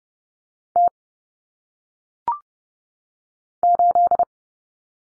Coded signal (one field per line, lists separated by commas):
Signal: Morse code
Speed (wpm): 30 wpm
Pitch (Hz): 700 Hz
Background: none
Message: T 8